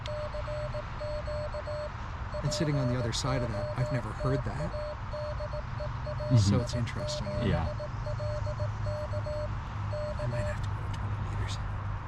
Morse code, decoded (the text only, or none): CQ POTA DE AI7LK K